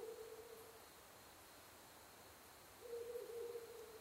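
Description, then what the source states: Ural Owl hooting: a low, steady hoot opens, then after about two seconds of quiet a longer hoot, over a constant soft hiss with faint high ticks. Recorded 23 October 2011 at 17:20.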